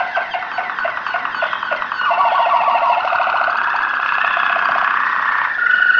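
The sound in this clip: Waterslager canary song: rapid bubbling rolls that merge into a long sustained warbling trill, ending on a clear high whistled note.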